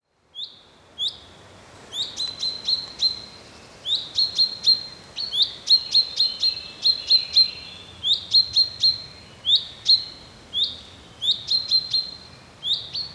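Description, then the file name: Common chaffinch giving repeated bright, high calls, each opening with a quick rise, in irregular runs of several notes across the recording. "Fringilla coelebs"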